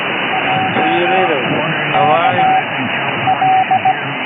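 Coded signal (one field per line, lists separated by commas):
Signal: Morse code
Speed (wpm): 16 wpm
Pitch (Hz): 760 Hz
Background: speech, radio noise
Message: J K L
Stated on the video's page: Heard on CB radio.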